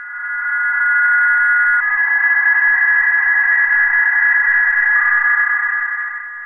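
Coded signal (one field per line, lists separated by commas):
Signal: PSK31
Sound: several steady thin warbling tones, about 1 to 2 kHz, over band hiss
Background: radio static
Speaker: you see the incoming decoded text appear and the received text window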